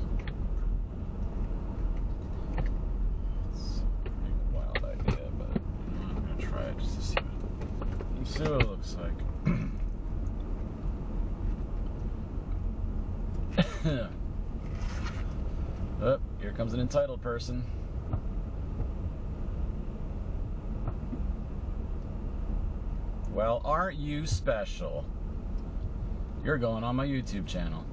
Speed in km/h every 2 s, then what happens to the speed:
27, 31, 31, 29, 29, 27, 24, 19, 19, 21, 21, 24, 23, 21.
0-9 steady at about 29. 9-14 slows to 19. 14-28 steady at about 21.